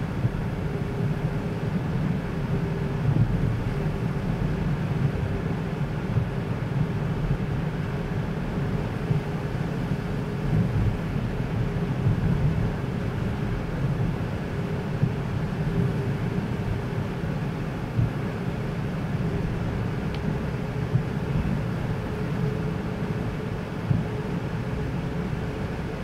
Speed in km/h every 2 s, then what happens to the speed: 49, 47, 47, 48, 49, 49, 49, 48, 48, 49, 51, 51, 52.
0-26 steady at about 49.